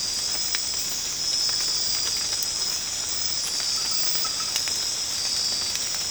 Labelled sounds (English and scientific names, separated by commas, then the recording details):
none
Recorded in secondary vegetation near Puerto Asís, Putumayo, Colombia, on 8 March 2025 at 00:00
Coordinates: 0.485, -76.322
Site G040